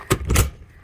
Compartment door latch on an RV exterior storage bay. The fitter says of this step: everyone wants to know if it closes it closes locks in place